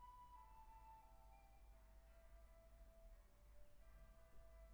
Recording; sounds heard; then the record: poultry house recording; no chicken sound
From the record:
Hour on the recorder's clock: 10